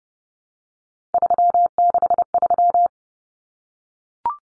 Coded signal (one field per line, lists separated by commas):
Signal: Morse code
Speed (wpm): 30 wpm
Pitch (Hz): 700 Hz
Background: none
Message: 363